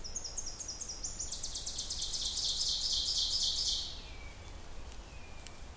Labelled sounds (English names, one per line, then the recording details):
Ovenbird song
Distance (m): 35 m
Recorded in boreal forest in Alberta, Canada, on 26 May 2016 at 06:54
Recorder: SongMeter 3, array SBT-3-15
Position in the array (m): 48 m, 253 m
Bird 20